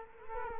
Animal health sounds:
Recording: mosquito wingbeat signal from an infrared sensor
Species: Culex quinquefasciatus

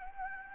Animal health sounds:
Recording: mosquito wingbeat signal from an infrared sensor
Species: Anopheles gambiae

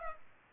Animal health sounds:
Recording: mosquito wingbeat signal from an infrared sensor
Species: Culex pipiens

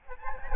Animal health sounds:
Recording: mosquito wingbeat signal from an infrared sensor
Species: Aedes albopictus

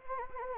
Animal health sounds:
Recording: mosquito wingbeat signal from an infrared sensor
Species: Anopheles gambiae

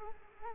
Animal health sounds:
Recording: mosquito wingbeat signal from an infrared sensor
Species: Culex quinquefasciatus

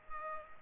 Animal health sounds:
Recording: mosquito wingbeat signal from an infrared sensor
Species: Culex pipiens

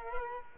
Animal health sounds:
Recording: mosquito wingbeat signal from an infrared sensor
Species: Culex quinquefasciatus

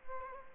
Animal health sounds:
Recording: mosquito wingbeat signal from an infrared sensor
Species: Aedes albopictus

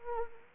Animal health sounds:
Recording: mosquito wingbeat signal from an infrared sensor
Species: Anopheles arabiensis

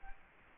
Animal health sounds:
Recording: mosquito wingbeat signal from an infrared sensor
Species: Culex quinquefasciatus

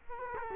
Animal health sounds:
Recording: mosquito wingbeat signal from an infrared sensor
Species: Culex quinquefasciatus

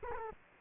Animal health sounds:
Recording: mosquito wingbeat signal from an infrared sensor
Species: Culex quinquefasciatus

